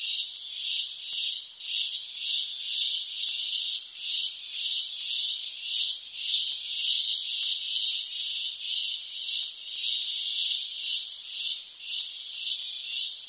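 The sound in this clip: Cicada song, a shrill rasping buzz pulsing rapidly and steadily, about two throbs per second, throughout the whole stretch.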